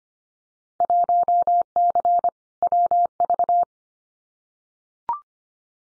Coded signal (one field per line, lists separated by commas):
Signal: Morse code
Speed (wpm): 25 wpm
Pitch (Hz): 700 Hz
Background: none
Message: 1C WV